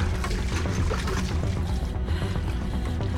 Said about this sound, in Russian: Майкл обливает из канистры стены старого хранилища.